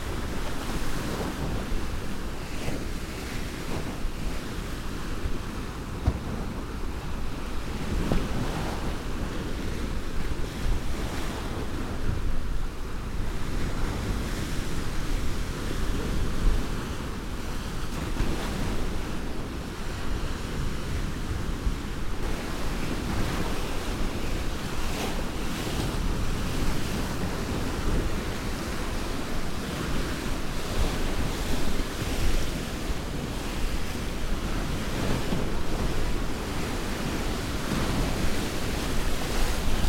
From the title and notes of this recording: Waves Crashing Noise.